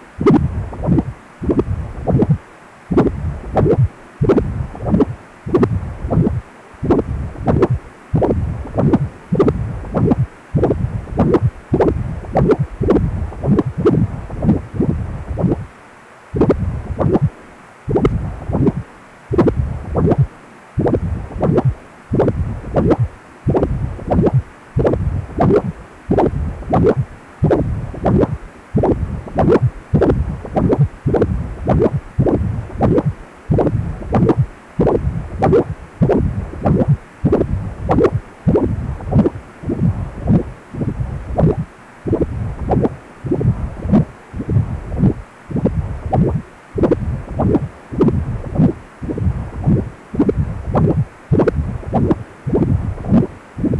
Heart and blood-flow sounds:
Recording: Doppler ultrasound of blood flow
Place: precordium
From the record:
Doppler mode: continuous wave and pulsed wave in the uncut recording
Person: healthy adult, 18 to 50 years, no heart murmur, not diving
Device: 2.5 MHz transducer

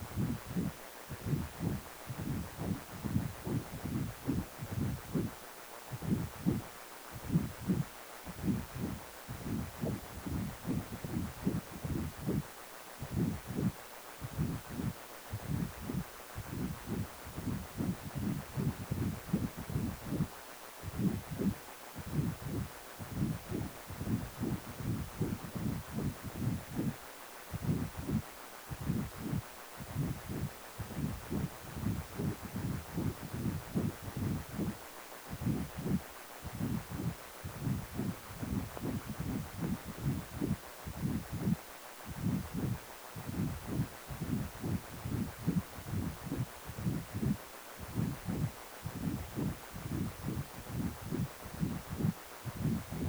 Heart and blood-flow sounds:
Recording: Doppler ultrasound of blood flow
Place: precordium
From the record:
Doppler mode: continuous wave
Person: healthy adult, 18 to 50 years, no heart murmur, not diving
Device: 2.5 MHz transducer

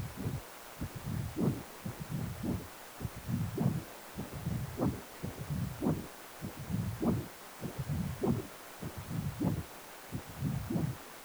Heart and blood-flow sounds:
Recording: Doppler ultrasound of blood flow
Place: precordium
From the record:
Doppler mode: continuous wave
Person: healthy adult, 18 to 50 years, no heart murmur, not diving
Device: 2.5 MHz transducer

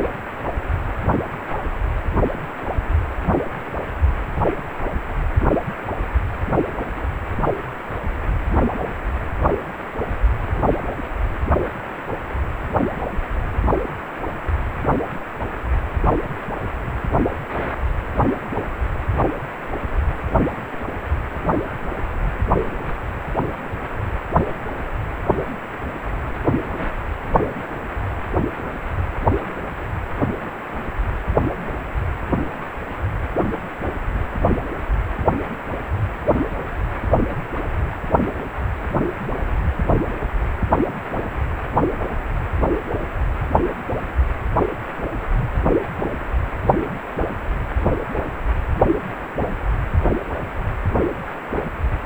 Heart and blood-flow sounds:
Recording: Doppler ultrasound of blood flow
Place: precordium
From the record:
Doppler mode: pulsed wave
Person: healthy adult, 18 to 50 years, no heart murmur, not diving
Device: 2.5 MHz transducer

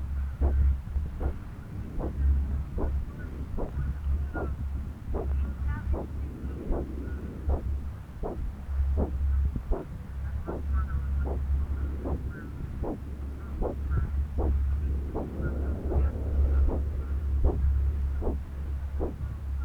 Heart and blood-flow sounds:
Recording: Doppler ultrasound of blood flow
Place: right subclavian vein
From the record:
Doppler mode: continuous wave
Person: adult scuba diver, at rest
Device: O'Dive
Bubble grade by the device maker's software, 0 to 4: 0

